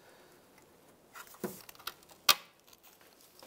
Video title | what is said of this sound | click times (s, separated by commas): How To Replace Fuel Pump & Sending Unit Assembly 2004-2012 Chevrolet Colorado | you hear it click and then you can | 2.3 s